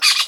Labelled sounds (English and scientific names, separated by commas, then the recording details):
Brown-throated Parakeet (Eupsittula pertinax) contact call
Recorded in Venezuela
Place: Guárico; Corozopando; Fundo La Fe
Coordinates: 8.506, -67.593